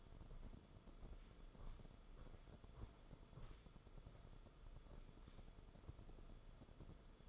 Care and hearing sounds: daily activity, microphone in the room; walk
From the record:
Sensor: 5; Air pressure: 994.5 hPa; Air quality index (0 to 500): 178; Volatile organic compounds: 859 ppm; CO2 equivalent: 5178 ppm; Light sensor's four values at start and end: 12/31/12/13 and 12/31/12/14

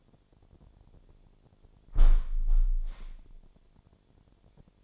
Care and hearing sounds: daily activity, microphone in the room; close window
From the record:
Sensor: 5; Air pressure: 1006.5 hPa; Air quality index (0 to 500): 190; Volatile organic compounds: 5 ppm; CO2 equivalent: 1806 ppm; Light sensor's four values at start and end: 57/161/63/63 and 57/161/63/63

